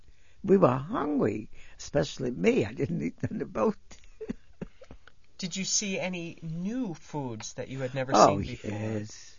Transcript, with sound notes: We were hungry. Especially me. I didn't eat on the boat. (she laughs)
Did you see any new foods that you had never seen before?